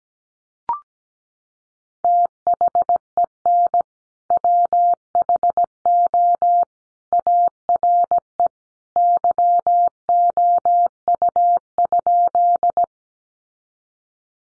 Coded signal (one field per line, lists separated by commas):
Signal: Morse code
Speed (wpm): 17 wpm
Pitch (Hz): 700 Hz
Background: none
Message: THEN WHO ARE YOU?